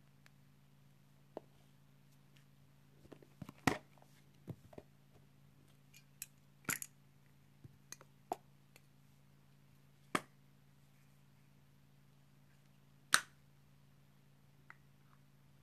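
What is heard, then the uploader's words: Caps and lids are opened and closed in a series of sharp clicks and snaps, scattered irregularly with the loudest at about 4, 7, 10 and 13 seconds. A steady low hum runs underneath throughout, with soft small knocks between the louder clicks. Opening and closing of various tops.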